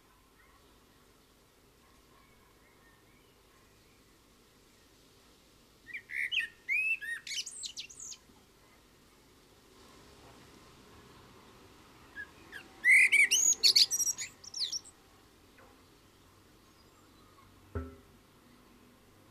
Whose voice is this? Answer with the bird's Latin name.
Turdus merula